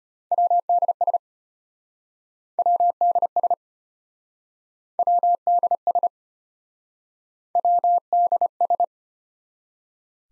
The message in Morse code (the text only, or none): WDS WDS WDS WDS